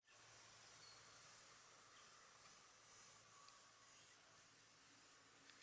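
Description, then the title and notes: Insects form a dense, continuous high-pitched hissing chorus, steady throughout. Recorded at sunset in Kruger National Park, South Africa. "Insects in the sunset. Kruger National Park South Africa"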